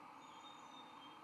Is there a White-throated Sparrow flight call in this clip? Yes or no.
no